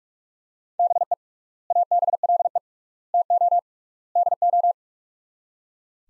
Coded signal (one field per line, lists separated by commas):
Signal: Morse code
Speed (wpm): 42 wpm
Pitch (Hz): 700 Hz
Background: none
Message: BE ABLE TO DO